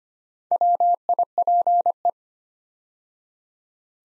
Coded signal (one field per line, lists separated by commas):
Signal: Morse code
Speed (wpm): 25 wpm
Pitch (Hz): 700 Hz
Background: none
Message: WIPE